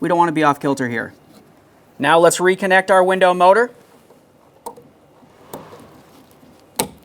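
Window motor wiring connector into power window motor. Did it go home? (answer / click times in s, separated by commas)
yes / 6.8 s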